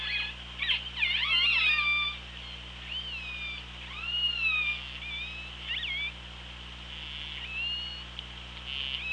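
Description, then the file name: Killer whales calling busily, overlapping harmonic calls with swooping, wavering and upswept shapes following one another quickly, some loud and some fainter, over a steady low hum. Recorded on an OrcaLab hydrophone, 24 August 2017 at 07:46. "Orca Lab 20170824 074610"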